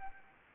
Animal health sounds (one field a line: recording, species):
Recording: mosquito wingbeat signal from an infrared sensor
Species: Anopheles gambiae